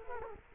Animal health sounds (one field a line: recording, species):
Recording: mosquito wingbeat signal from an infrared sensor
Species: Culex quinquefasciatus